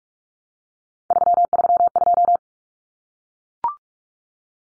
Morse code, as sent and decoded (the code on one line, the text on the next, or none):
...-- ...-- ..---
332